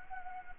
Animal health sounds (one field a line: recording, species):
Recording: mosquito wingbeat signal from an infrared sensor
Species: Anopheles gambiae